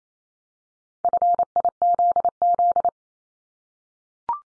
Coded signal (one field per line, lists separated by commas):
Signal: Morse code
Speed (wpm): 28 wpm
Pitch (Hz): 700 Hz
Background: none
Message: FIZZ